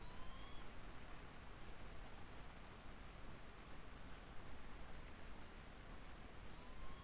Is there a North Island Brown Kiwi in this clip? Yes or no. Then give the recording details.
no. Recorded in New Zealand on 16 October 2015. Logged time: 20:14. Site BM6